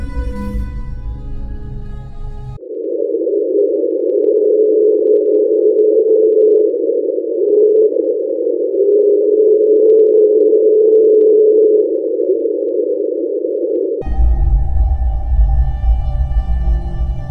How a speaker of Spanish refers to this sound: un sonido no identificado registrado el 5 de marzo de 1997. De acuerdo con la NOAA, el origen del sonido es más probable que fuera un iceberg muy grande en contacto con el fondo marino en el Mar de Ross, cerca del Cabo Adare.